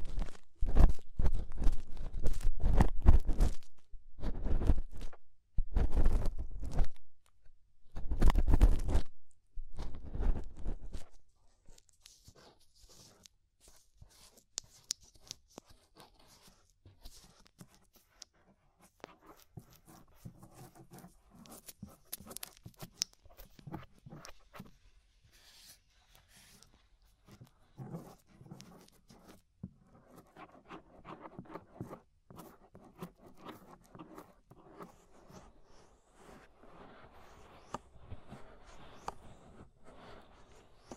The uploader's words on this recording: Inner and Outer Ear Scraping (No Talking).